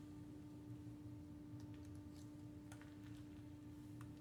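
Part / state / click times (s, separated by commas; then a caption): wiring harness connector into its mating connector on the transmission valve body / not seated / none. A wiring harness connector is handled near its mating connector on the transmission valve body of a 2011 Subaru Outback 5EAT during a turbine speed sensor 2 replacement for a P1710 error code. Only faint handling ticks are heard over a steady low hum. Nothing has seated or clicked yet.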